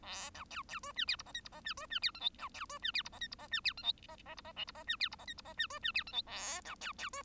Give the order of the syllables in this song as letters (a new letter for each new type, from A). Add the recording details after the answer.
A B C C D E F G H I G H E D E F J K B C D E F G H I G H E F J K H H G H L G H E F G H I G H E D E F J K A B C C D. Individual Bird1